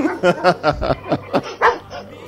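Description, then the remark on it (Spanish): A dog barks repeatedly in a quick, uneven series of sharp yaps, about seven or eight loud bursts with short gaps, some rising into higher yelping tones. “No, han metido un perro ahí. Ese perro que no se cuele, porque este es el problema de los gatos.”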